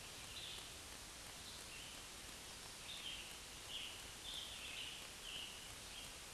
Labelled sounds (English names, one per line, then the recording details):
Scarlet Tanager song
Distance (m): 80 m
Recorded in a Pennsylvania forest on 1 June 2023 at 08:07
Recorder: AudioMoth, point grid3_7_low
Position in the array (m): 165 m, 141 m